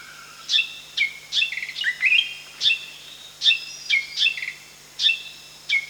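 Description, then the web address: Spotted fantail uttering crisp, high, down-slurred chips at an uneven pace, some coming in quick succession. Recorded at Danum on 1 July 2008. "DANUM 20080701. spotted fantail"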